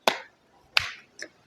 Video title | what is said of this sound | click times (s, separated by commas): MAYBELLINE FIT ME! LOOSE FINISHING POWDER REVIEW+DEMO AND WEAR TEST -15 Medium HOW TO CHOICE SHADES | से, हमारा उत्पाद click करके इस तरह खुल जाएगा। | 0.1 s, 0.8 s